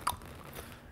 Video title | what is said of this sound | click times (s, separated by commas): Phottix Raja 65 Parabolic Softbox | You rotate it a few degrees, and you'll hear it click into place. | 0.1 s